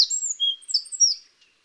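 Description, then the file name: Eurasian wren song fragment: a few quick, very high whistled notes and slurred chirps in rapid succession, then silence. "Troglodytes troglodytes"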